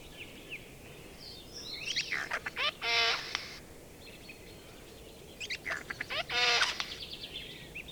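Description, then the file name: Eurasian jay giving harsh, rasping screeches in two coarse grating bursts, with thin chirps around them. "Garrulus glandarius"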